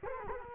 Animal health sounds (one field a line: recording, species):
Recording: mosquito wingbeat signal from an infrared sensor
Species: Culex quinquefasciatus